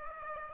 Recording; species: mosquito wingbeat signal from an infrared sensor; Aedes aegypti